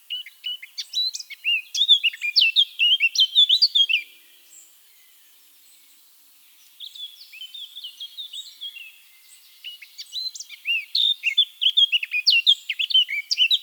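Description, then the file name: Eurasian blackcap song: rich warbled phrases of quick varied notes, a burst of a few seconds, a pause, then a longer run that grows louder. "Sylvia atricapilla"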